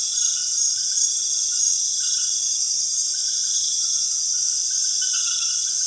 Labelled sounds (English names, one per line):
none